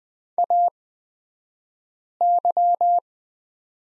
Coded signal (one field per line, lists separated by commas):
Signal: Morse code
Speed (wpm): 20 wpm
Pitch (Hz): 700 Hz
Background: none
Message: AY